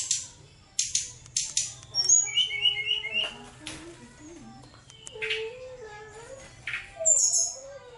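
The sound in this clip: Songbird singing in scattered bursts: high thin notes, a trilled run near the middle, then lower chattering warbles and sharp high chips toward the end.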